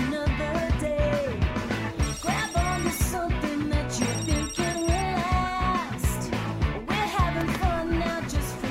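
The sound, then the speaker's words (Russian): A phone rings as a father calls his daughter, a busy, melodic ringtone, its rhythmic pattern looping steadily and loudly for several seconds with bright chiming tones on top, never cut off by an answer. “Папа звонит ей, но она не отвечает.”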